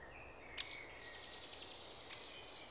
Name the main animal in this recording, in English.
Common Blackbird